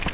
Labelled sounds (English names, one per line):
Grace's Warbler flight call